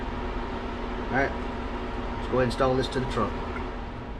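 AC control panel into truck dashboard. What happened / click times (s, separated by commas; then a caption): Handled, not yet home: the panel has not snapped in / none. An aftermarket Vintage Air air conditioning control panel is about to be pushed into the dash of a 1966 C10 truck while someone talks over a steady low background hum. Nothing has seated or clicked yet.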